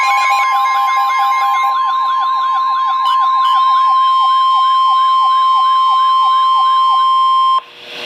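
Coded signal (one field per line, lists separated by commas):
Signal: Emergency Alert System (SAME) tones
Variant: 1050 Hz attention tone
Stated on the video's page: Special Marine Warning SAME tones from NOAA Weather Radio station in Milwaukee, WI.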